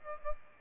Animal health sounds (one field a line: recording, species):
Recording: mosquito wingbeat signal from an infrared sensor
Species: Aedes aegypti